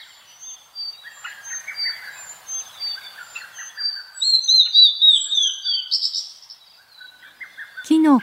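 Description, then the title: Blue-and-white flycatcher song: a loud, rolling run of high whistled notes among softer chirps, ending with a sharp sweeping sound. Recorded at Kirifuri Highlands, Tochigi Prefecture, Japan. "朝の小鳥. 霧降高原（栃木県）のオオルリ"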